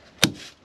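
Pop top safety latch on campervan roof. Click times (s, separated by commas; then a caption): 0.2 s. The pop top safety latch on the roof of a Roadtrek Zion Slumber campervan is twisted to lock it into place before the top is folded down. A single sharp click-like hit is heard at 0.2 s, followed by a short fading ring. The latch locks into place.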